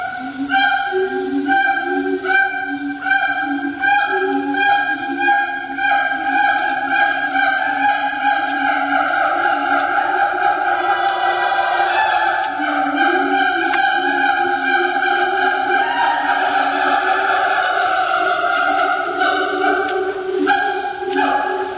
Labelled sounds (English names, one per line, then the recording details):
Siamang song
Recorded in captivity
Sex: pair
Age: adult
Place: Zoo Berlin, Berlin, DE
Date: 1987-07-02
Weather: sunny, 20°C
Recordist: Tembrock, Günter
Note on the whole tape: Paar: Duette